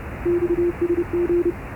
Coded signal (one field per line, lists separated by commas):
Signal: Morse code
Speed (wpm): 29 wpm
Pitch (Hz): 350 Hz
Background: none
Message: XSG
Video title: モールス信号の船舶無線（解読なし）Morse code ship's radio (no decoding)